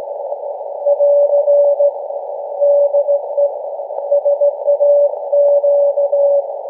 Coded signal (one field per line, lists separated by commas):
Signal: Morse code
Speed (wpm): 16 wpm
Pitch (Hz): 570 Hz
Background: none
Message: <AR> DE SAQ